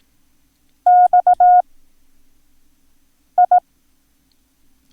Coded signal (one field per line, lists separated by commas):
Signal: Morse code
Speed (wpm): 18 wpm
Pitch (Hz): 720 Hz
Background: none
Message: X I